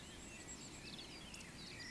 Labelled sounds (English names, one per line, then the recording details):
Eurasian Woodcock whistle
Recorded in Baden-Württemberg, Germany, on 9 June 2021 at 19:40 UTC
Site 25175, 602 m above sea level